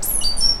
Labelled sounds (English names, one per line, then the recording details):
Stitchbird song
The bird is a male
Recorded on Tiritiri Matangi Island, New Zealand, in 2005
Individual 2, of nest box 2